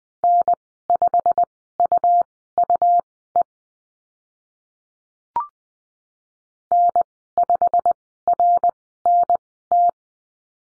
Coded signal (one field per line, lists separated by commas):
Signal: Morse code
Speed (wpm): 20 wpm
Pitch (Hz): 700 Hz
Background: none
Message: N5UUE N5RNT